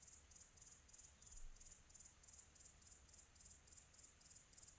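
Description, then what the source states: Cricket chirping in repeated high pulsed bursts over a low rumbling background. Quiet tropical ambience.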